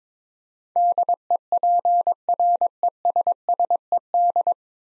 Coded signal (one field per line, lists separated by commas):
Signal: Morse code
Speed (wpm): 22 wpm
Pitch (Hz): 700 Hz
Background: none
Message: DEPRESSED